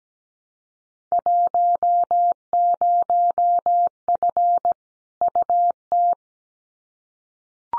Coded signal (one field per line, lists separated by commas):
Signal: Morse code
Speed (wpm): 17 wpm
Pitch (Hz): 700 Hz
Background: none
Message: 10F UT